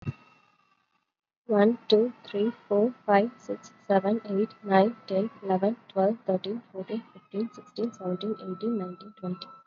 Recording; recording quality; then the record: counting at a fast pace; excellent, no background noise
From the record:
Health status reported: COVID-19 positive, mild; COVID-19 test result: positive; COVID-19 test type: RT-PCR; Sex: female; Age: 25 years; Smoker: no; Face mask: not worn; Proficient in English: yes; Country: India